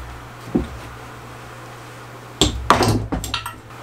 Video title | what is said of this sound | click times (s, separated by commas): FINALLY a home for the MUDDY BOOTS! | oh no it stripped out | 2.4 s, 2.7 s